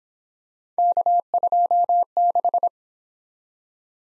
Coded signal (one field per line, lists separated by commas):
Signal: Morse code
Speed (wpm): 25 wpm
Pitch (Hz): 700 Hz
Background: none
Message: K26